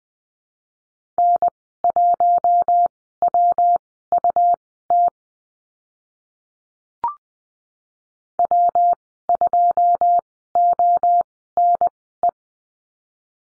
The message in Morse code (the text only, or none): N1WUT W2ONE